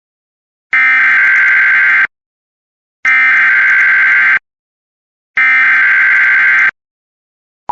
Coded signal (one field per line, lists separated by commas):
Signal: Emergency Alert System (SAME) tones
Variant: header bursts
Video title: [EAS #3] 5/10/26 | severe thunderstorm warning for northeastern florida and southeastern georgia